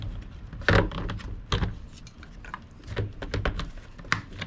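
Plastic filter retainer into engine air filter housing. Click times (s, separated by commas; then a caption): 4.1 s. A plastic retainer is pressed into the engine air filter housing of a 2016–2019 Chevy Cruze with the 1.4L turbo, where it holds the filter in position and keeps it from moving around. Several sharp plastic knocks and taps are heard, with strong hits near 0.7 s and 1.5 s. The last and loudest sharp pop at 4.1 s is the retainer seating into place.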